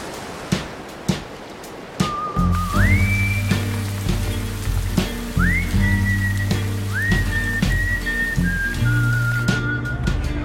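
Steady rain patters throughout with scattered sharper drops, while a whistled melody of rising, sliding notes and low droning tones plays over it.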